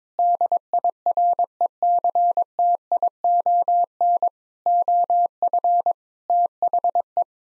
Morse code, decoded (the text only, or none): DIRECTION OF THE